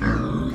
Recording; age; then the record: pig call; growing-finishing pig (85 days or more)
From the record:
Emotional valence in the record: negative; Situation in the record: barren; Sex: male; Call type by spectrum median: low-frequency call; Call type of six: low-frequency modulated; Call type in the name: low-frequency modulated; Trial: 4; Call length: 0.55 s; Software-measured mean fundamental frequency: 62 Hz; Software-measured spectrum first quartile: 170 Hz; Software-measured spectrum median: 332 Hz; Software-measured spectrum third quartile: 1109 Hz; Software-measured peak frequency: 240 Hz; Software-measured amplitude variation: 131 dB a second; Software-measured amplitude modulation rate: 25.6 a second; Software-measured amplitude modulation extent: 5.1 dB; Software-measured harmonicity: 1.2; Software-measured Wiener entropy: -1.89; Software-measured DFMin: 1077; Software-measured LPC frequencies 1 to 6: 264, 1200, 1630, 3426, 5275, 6564 Hz